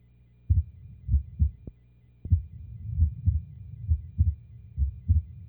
These are normal heart sounds in a healthy 20-year-old woman. There are two sounds. The first one is single, and the second one has two components.